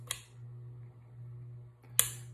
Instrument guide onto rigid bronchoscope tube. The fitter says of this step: When you put this on, you turn it, you'll hear it click.